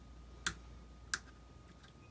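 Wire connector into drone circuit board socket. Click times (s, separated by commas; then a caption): 0.5 s, 1.1 s. A small wire connector is pushed back into its socket on the circuit board of a Hubsan Zino drone. Two sharp snaps are heard, at 0.5 s and 1.1 s, over a quiet background hum. The connector seats.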